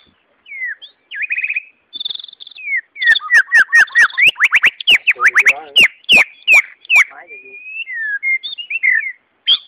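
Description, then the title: White-rumped Shama song, a rich run of varied whistles, rapid sweeping notes and short trills, with brief pauses. "murai batu"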